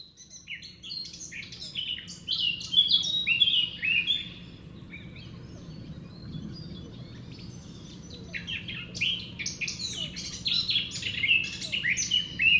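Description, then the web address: Eurasian blackcap song: two bursts of fast, jumbled warbling notes separated by a quieter lull, over a steady low hum. "SETE data Sylvia atricapilla"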